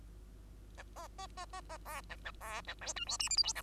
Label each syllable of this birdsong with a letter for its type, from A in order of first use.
A B B B B B C A A C A D E F G H I J K